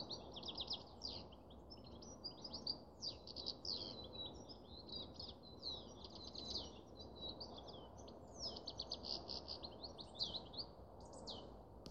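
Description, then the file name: Canary song: continuous high twittering with rapid trills and chirps, over a steady low background hum. "Canary Voice"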